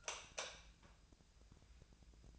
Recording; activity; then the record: daily activity, microphone in the room; light off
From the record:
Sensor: 2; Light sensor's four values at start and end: 43/112/47/52 and 38/95/41/46